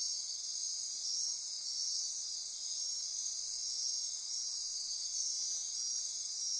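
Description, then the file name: Insect chorus: layered, shrill, high trills sustained without pause, forming a smooth and constant hum. Insect chorus recorded at midnight near Corcovado. "Wind-is-the-Original-Radio-Fridays 20240628 Andy-Martin Midnight-Insect-Chorus-Near-Corcovado"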